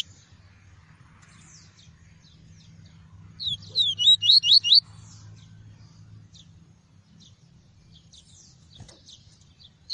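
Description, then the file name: Double-collared seedeater song: a short burst of about six rapid, high, bright notes midway, with faint scattered chirps before and after over a low steady hum. Song of the "tui-tui" variety. "canto do papa capim tui tui"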